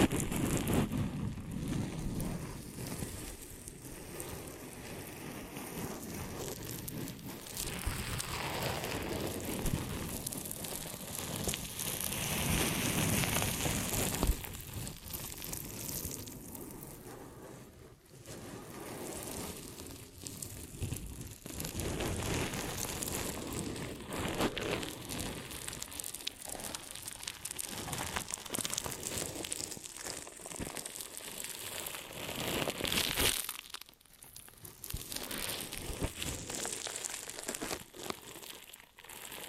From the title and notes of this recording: ASMR Ear & Scalp Massage and Cleaning Before Sleep (No Talking).